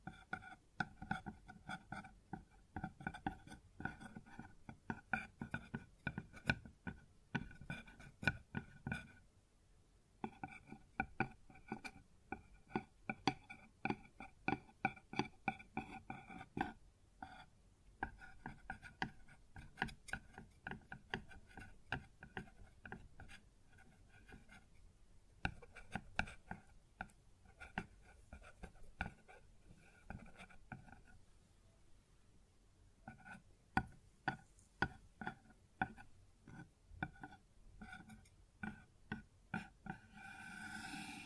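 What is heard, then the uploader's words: Dense, irregular knocks and taps on a wooden surface continue for the whole stretch, with brief ringing tones and short pauses near 10 and 25 seconds. ASMR Sounds on Wooden Surface (No Talking).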